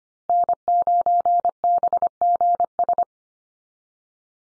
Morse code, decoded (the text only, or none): N9BGS